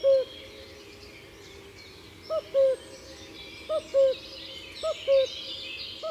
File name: Imagier Coucou Un jour dans la foret